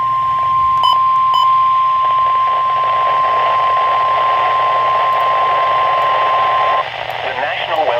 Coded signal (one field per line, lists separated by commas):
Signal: Emergency Alert System (SAME) tones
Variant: 1050 Hz attention tone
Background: speech